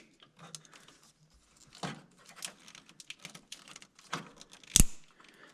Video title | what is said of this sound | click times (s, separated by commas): Crashed Camaro Build Completion maybe? Numbers for the build at the end, did we win or lose? | Ooh, you always love that snap sound. | 4.8 s